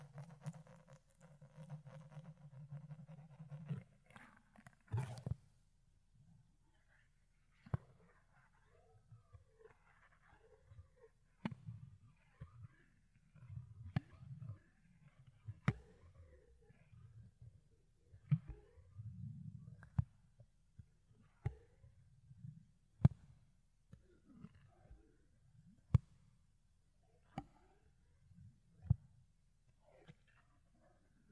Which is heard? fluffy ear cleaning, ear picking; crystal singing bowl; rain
fluffy ear cleaning, ear picking